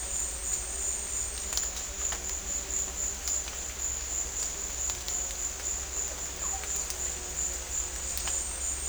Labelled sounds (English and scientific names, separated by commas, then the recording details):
none
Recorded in dense forest near Puerto Asís, Putumayo, Colombia, on 21 December 2024 at 15:00
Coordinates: 0.467, -76.328
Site GP05